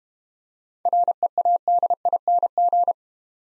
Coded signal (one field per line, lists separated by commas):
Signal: Morse code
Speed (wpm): 30 wpm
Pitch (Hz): 700 Hz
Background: none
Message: READING